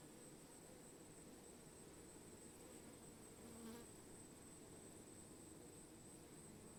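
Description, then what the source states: Bees buzzing as a swarm, a dense steady low drone of many overlapping wingbeats holding throughout, with a brief slight swell near the middle and a faint high constant hiss. Bees recorded while swarming.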